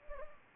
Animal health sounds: mosquito wingbeat signal from an infrared sensor; Anopheles gambiae

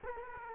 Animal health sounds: mosquito wingbeat signal from an infrared sensor; Culex quinquefasciatus

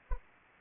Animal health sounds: mosquito wingbeat signal from an infrared sensor; Anopheles arabiensis

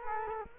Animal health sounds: mosquito wingbeat signal from an infrared sensor; Culex quinquefasciatus

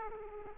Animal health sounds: mosquito wingbeat signal from an infrared sensor; Aedes aegypti

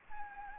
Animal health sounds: mosquito wingbeat signal from an infrared sensor; Anopheles gambiae

